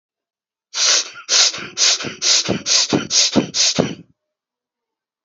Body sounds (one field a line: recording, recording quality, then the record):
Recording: shallow breathing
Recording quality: excellent, no background noise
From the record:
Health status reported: healthy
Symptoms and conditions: diabetes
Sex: male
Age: 55 years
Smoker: not ticked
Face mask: not worn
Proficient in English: yes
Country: India